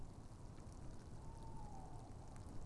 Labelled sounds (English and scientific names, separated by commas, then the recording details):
Tawny Owl (Strix aluco)
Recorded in Germany
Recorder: ecoPi